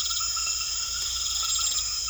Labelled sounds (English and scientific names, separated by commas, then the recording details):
none
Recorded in secondary vegetation near Puerto Asís, Putumayo, Colombia, on 28 February 2025 at 21:00
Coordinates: 0.500, -76.326
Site GP04